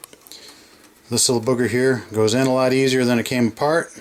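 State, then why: Seated. A yellow wire connector is pushed into its socket on the control or harness of an HE3 dryer during an idler pulley replacement. It pops in with a sharp, short click at 0.0 s, followed by a few faint ticks, and the connector is seated. From about 1.1 s, someone talks.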